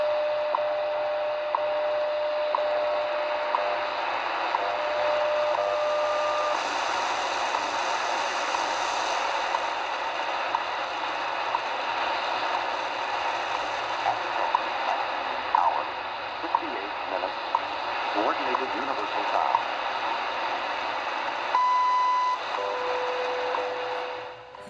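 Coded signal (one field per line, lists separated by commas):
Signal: radio time signal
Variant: WWV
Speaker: nice reception of WWV on three frequencies try 25 but see it's propagation is not there for 25 megahertz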